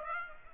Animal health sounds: mosquito wingbeat signal from an infrared sensor; Aedes aegypti

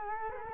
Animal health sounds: mosquito wingbeat signal from an infrared sensor; Culex quinquefasciatus

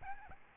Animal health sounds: mosquito wingbeat signal from an infrared sensor; Aedes albopictus

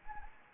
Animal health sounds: mosquito wingbeat signal from an infrared sensor; Anopheles gambiae

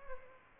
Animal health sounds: mosquito wingbeat signal from an infrared sensor; Aedes albopictus

